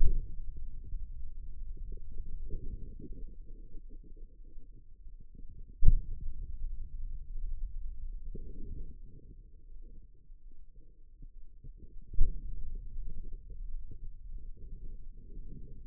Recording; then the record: forearm muscle sounds (acoustic myography)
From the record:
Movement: pen grasping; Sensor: system 2, bracelet of six BSWA MPA416 microphones around the upper forearm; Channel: 4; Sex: female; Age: 25 years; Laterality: right